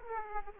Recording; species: mosquito wingbeat signal from an infrared sensor; Aedes aegypti